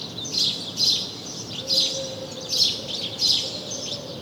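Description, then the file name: House sparrow chirps, five loud sharp notes at uneven intervals, with a faint low tone between them. "Passer domesticus"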